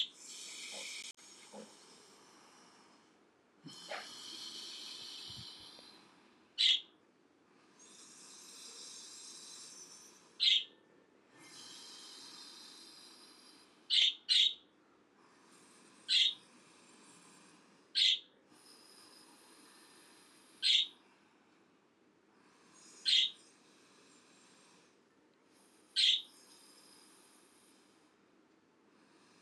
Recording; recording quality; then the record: deep breathing; moderate, slight background noise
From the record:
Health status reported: healthy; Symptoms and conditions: hypertension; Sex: male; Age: 48 years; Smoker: not ticked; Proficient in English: yes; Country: India